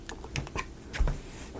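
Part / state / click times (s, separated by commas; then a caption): building section into book nook base / seated / 0.4 s. A building section of a Joincon Endless Dimensions book nook model kit is pushed all the way into its base with a series of small clicks and light rustles. The final small click at 0.4 s shows the section has seated fully home.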